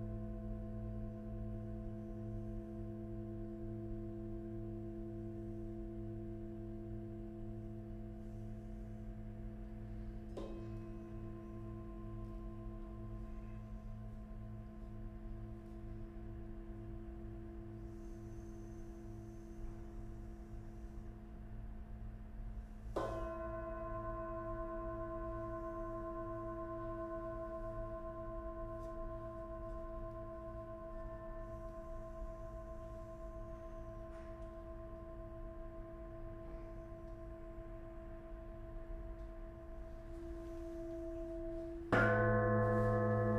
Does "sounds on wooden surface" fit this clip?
no